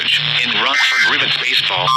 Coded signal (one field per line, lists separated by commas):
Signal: Emergency Alert System (SAME) tones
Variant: end-of-message bursts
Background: speech